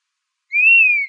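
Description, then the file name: Dusky-capped flycatcher giving one clear plaintive whistle that rises gently and then slurs slightly downward. Arizona, 15 July 2006. "DCFL 2 deviche"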